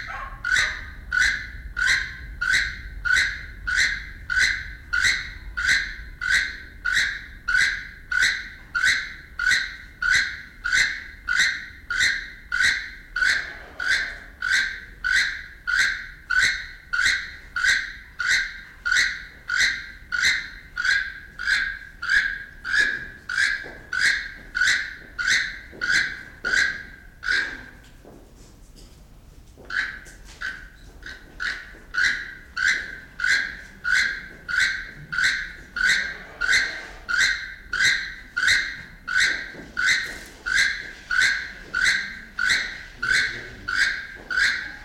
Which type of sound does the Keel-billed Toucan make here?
call